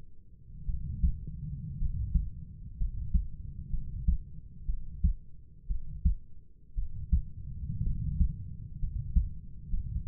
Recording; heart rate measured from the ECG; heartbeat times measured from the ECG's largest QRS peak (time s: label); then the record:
heart sounds by stethoscope; 60 bpm
0.66 s: heartbeat
1.78 s: heartbeat
2.77 s: heartbeat
3.70 s: heartbeat
4.66 s: heartbeat
5.67 s: heartbeat
6.75 s: heartbeat
7.83 s: heartbeat
8.79 s: heartbeat
9.70 s: heartbeat
From the record:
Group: healthy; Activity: rest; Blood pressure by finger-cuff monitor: 102/51 mmHg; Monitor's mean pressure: 64 mmHg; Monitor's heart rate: 57 bpm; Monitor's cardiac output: 5.2 L/min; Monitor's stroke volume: 89 mL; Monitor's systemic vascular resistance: 860 dyn s/cm5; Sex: male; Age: 25 years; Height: 170 cm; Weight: 70.4 kg